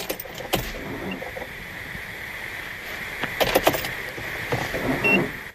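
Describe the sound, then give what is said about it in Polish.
A car engine with a neglected battery tries to start but doesn't catch: a steady strained whirring drone runs throughout, broken by a few sharp clicks and a louder burst of cranking near the end. No one speaks. “Oczywiście dbanie o akumulator uchroniłoby nas od tego zamieszania, no ale stało się. Nie zapalił.”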